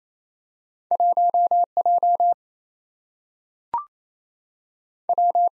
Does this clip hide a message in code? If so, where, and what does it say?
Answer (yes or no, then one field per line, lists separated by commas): yes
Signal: Morse code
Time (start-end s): 0.9-5.5 s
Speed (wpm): 28 wpm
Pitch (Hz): 700 Hz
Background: none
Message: 1J W